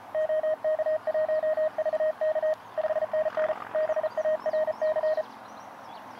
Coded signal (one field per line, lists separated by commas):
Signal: Morse code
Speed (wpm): 34 wpm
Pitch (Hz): 620 Hz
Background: radio noise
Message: OK1VK 5NN BARC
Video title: JEEP Wrangler? QRP Ham Radio Adventure | Elecraft KX2 & Packtenna